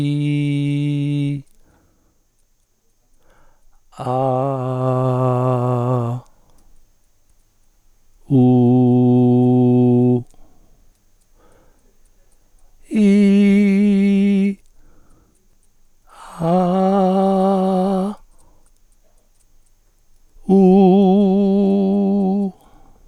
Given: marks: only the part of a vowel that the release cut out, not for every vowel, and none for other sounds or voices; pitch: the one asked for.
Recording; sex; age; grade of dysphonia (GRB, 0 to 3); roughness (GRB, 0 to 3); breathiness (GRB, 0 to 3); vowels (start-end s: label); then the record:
sustained vowels; male; 60 to 69 years; 2; 2; 0
0.00-1.21 s: vowel /i/, normal pitch
4.76-6.05 s: vowel /a/, normal pitch
8.62-9.88 s: vowel /u/, normal pitch
13.21-14.24 s: vowel /i/, high pitch
16.70-17.72 s: vowel /a/, high pitch
21.19-22.32 s: vowel /u/, high pitch
From the record:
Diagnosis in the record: contact pachydermia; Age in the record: 63 years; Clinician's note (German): Kontaktpachydermie ohne "Kontaktpachydermie", leicht hypoton